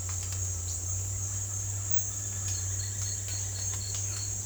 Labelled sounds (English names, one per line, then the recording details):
none
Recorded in dense forest near Puerto Asís, Putumayo, Colombia, on 16 December 2024 at 08:30
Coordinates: 0.466, -76.327
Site G075